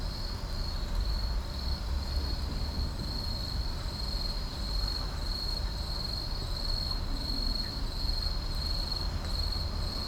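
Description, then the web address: Night insects trilling: one bright, even high note held throughout, gently pulsing, with a deep background rumble. At night in an urban park. "boom library Urban and Suburban Urban park night insects"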